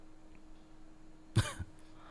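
A single sharp cough from a person who has a cough while reading aloud bursts out over a quiet background hum, followed by a shorter second hack, both over within about a third of a second.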